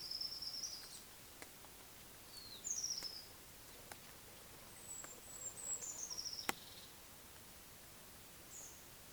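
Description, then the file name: Eurasian blue tit calls: thin, very high notes sliding downward, given in short irregular bursts throughout over a quiet background. "Cyanistes caeruleus"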